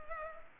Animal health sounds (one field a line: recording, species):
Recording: mosquito wingbeat signal from an infrared sensor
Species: Culex pipiens